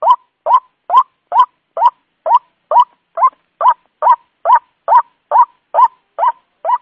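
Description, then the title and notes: White-breasted waterhen calls, a loud rising note repeated steadily a little more than twice a second, no other sounds. Lure call used to attract the bird. "Pikat Ruak Jawara. Suara Burung Ruak"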